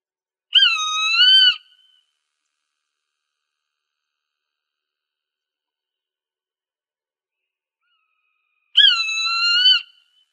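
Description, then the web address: Swainson's hawk screaming twice, each cry a drawn-out, harsh whistle of about a second, separated by roughly seven seconds of quiet. Arizona, United States; recorded 1 December 2008. "Birds of Prey AZFO SWHA 081201. deviche"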